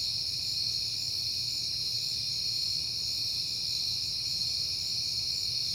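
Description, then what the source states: Crickets chirping in a steady, dense high-pitched chorus that continues without pause, with a faint low hum underneath. Recorded on a peaceful night in September; crickets heard often at that time.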